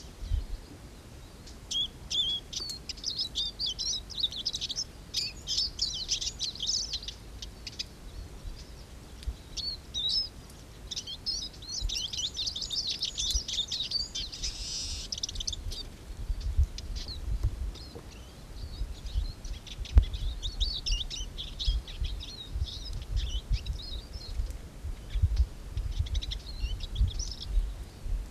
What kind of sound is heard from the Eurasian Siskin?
song